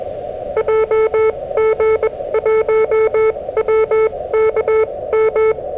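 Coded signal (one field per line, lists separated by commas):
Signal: Morse code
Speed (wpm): 21 wpm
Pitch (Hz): 1320 Hz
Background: none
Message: JG1WKM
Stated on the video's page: SOTA summit activation on 40m CW in gale winds, Yaesu FTX-1F at 5W QRP, RHM12 screwdriver antenna, keyed with a BaMaKeY TP-III paddle.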